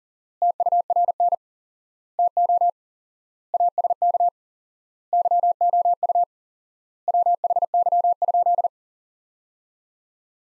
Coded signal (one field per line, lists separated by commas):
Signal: Morse code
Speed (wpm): 37 wpm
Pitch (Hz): 700 Hz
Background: none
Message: TURN TO ASK YOU WHY?